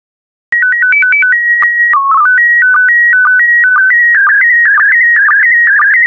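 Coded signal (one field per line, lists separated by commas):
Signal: SSTV (slow-scan television)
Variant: PD120 mode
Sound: warbling tone with a stepped header, then a rapid scanning tone with regular low blips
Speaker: complete. You can now check your decoded image against the picture that is shown on the video.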